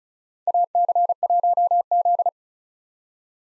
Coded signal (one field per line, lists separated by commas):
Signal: Morse code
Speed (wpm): 36 wpm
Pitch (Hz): 700 Hz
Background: none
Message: AC1Z